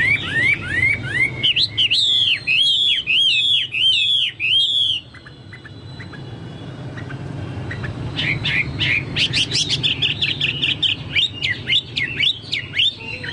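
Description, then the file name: Chinese hwamei song: loud looping whistles for several seconds, a near-silent gap, then rapid repeated notes and short whistled phrases. "hwamei-2-omkicau"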